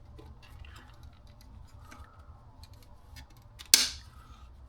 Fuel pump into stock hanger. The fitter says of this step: I should have measured this ahead of time because now this is snapped back into place unfortunately.